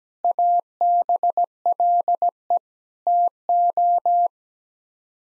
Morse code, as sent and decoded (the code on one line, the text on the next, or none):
.- -... .-.. . / - ---
ABLE TO